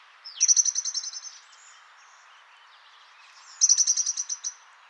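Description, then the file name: Common blackbird chattering calls: two rapid rattling bursts of sharp notes, each about a second long and fading toward the end, separated by a pause of about two seconds. "Turdus merula"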